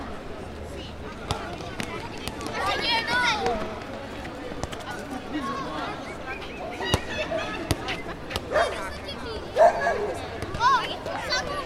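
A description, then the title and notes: On a Saturday evening in a small piazza, overlapping voices chatter, with sharp knocks and thuds scattered throughout and occasional high shouts. A Saturday night in Testaccio. Hanging out in the Testaccio district on a Saturday evening in a small piazza, where children play football, families chat, young people smoke and drink. We take a walk around the whole perimeter of the piazza to record the sounds from all sides. Recorded in Rome, April 2023 by Cities and Memory.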